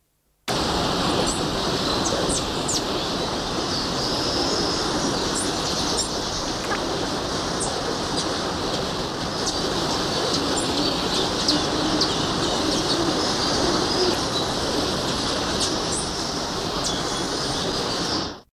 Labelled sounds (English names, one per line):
Golden Tanager call